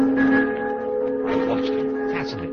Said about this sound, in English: Pulled one rope, then another, and worked another bell by means of his foot thrust through a loop in a third rope. The bells rang and clanged, throbbed and echoed, beat against my brain in jangling tones and overtones.